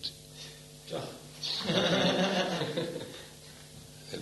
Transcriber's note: laughter